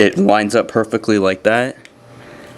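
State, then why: Not seated. The plastic arm piece of an action figure is lined up with its shoulder joint and handled while someone talks, followed by a quiet low hum. Nothing has seated or clicked yet; the clip ends before the arm snaps into place.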